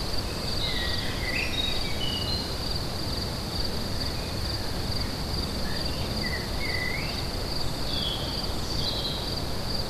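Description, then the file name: Cricket trill runs continuously at a high pitch while birds add short whistled and sliding notes over a low background rumble. Crickets recorded together with birds at Lacoux on 22 May 2016, using an MZ-N710. "Grillons et oiseaux Lacoux 22 05 16"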